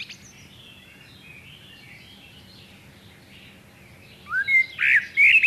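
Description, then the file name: Common blackbird song: a faint warbled phrase, then a loud, high, squeaky twitter at the end. "Turdus merula"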